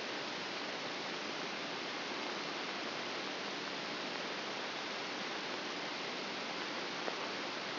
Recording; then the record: brain microelectrode recording played as sound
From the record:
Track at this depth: inside the subthalamic nucleus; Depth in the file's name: 0.041 mm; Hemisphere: right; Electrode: 2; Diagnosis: Parkinson's disease